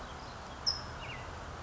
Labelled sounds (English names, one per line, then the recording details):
California Towhee
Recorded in Sonoma County, California